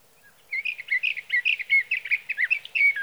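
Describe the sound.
Sage thrasher song, a rapid, rambling series of short warbled and whistled notes delivered without pause over a quiet background.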